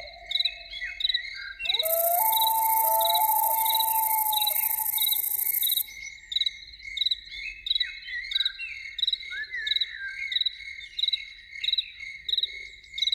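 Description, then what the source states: Loon wailing: a long drawn-out tone that steps upward and holds for several seconds, with a hissing burst and a constant pulsing cricket chorus. Evening.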